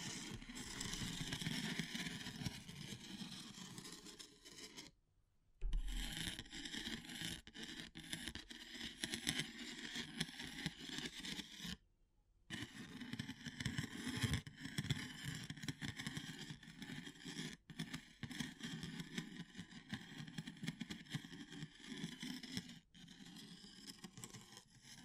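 Wood, bamboo and straw are rubbed and scraped in a dense, continuous scratchy rustle with a rough, rasping grain. The texture shifts constantly with quick clicks and scuffs. It cuts to silence briefly around 5 and 12 seconds, with shorter breaks near 17 and 23 seconds.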